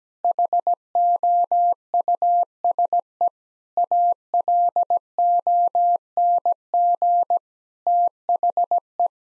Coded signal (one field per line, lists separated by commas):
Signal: Morse code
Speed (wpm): 17 wpm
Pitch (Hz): 700 Hz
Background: none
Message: HOUSE ALONG THE